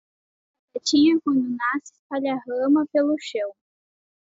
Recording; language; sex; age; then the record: short text; Brazilian Portuguese; female; 40 to 49 years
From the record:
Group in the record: control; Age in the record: 45 years